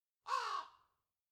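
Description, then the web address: Crow giving a single harsh, hoarse caw of about half a second that trails off at the end, with silence around it. "ворона"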